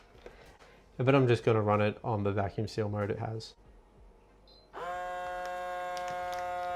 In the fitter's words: and I'm going to close both sides, wait for the click,